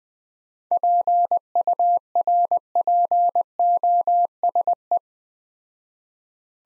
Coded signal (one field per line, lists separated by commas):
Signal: Morse code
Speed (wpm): 20 wpm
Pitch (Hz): 700 Hz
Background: none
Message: PURPOSE